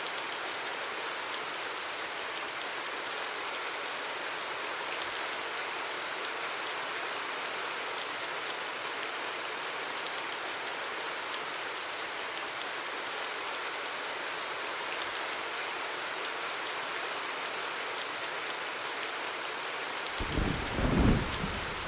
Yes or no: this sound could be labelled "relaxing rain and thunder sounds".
yes